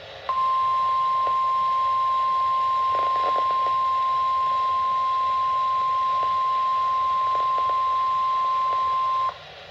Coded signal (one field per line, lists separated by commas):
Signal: Emergency Alert System (SAME) tones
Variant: 1050 Hz attention tone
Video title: 6/9/25 Severe Thunderstorm Warning for Liberty and Harris Counties (EAS #3)